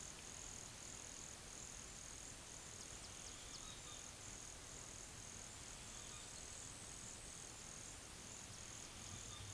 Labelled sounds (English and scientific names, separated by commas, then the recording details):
none
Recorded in pastures near Puerto Asís, Putumayo, Colombia, on 25 June 2025 at 11:30
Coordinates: 0.487, -76.322
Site H26